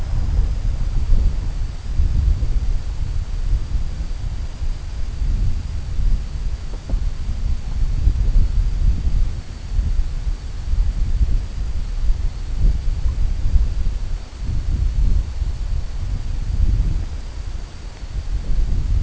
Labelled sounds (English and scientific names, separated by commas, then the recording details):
none
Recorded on Arctic tundra, site CORI-1, on 21 June 2018
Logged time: 00:00